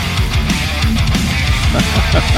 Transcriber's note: laughs